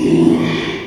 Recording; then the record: squeal of a Yucatan mini pig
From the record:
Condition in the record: after surgery on the right vocal fold (resection and tissue-engineered implant); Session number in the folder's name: 1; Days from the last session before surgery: 6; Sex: male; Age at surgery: 12 weeks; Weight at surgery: 13 kg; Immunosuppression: cyclosporine, prednisolone